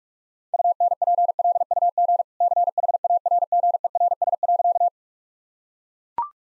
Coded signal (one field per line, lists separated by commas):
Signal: Morse code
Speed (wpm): 42 wpm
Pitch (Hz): 700 Hz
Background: none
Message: UNPLUG CHARGERS.